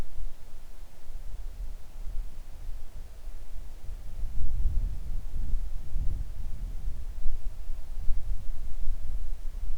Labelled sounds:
wind
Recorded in the Arctic National Wildlife Refuge, Alaska, on 3 August 2019 at 10:28
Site 41

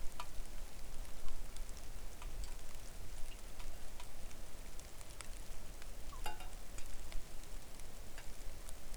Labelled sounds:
rain
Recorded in the Arctic National Wildlife Refuge, Alaska, on 3 August 2019 at 09:42
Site 41

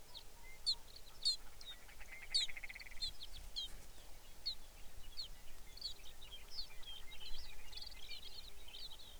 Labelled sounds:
songbird
grouse or ptarmigan
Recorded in the Arctic National Wildlife Refuge, Alaska, on 23 May 2019 at 05:12
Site 49

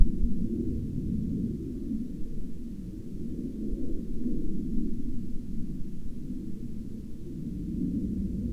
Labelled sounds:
aircraft
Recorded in the Prudhoe Bay oil fields, Alaska, on 16 June 2019 at 15:06
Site 11

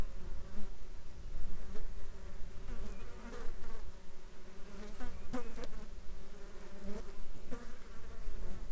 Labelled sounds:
bird
insects
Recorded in the Arctic National Wildlife Refuge, Alaska, on 17 July 2021 at 09:19
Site 33

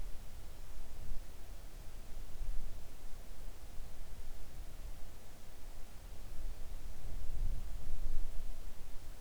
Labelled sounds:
wind
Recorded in the Arctic National Wildlife Refuge, Alaska, on 3 August 2019 at 05:19
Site 41

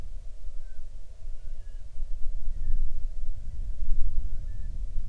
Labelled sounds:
bird
wind
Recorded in the Arctic National Wildlife Refuge, Alaska, on 6 July 2019 at 00:59
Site 39

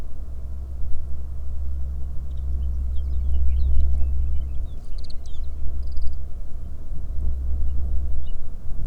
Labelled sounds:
songbird
wind
aircraft
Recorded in the Arctic National Wildlife Refuge, Alaska, on 21 May 2019 at 12:59
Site 38

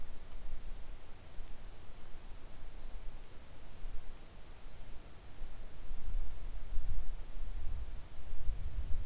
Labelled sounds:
near silence
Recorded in the Arctic National Wildlife Refuge, Alaska, on 3 August 2019 at 10:35
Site 41

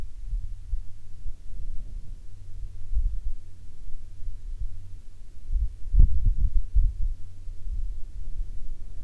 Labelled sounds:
wind
aircraft
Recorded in the Prudhoe Bay oil fields, Alaska, on 10 June 2019 at 17:34
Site 11

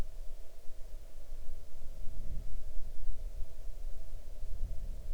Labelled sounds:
near silence
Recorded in the Arctic National Wildlife Refuge, Alaska, on 6 July 2019 at 00:46
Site 39

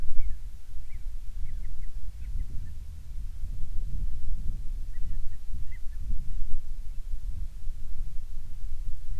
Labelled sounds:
bird
wind
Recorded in the Arctic National Wildlife Refuge, Alaska, on 10 July 2019 at 18:02
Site 44

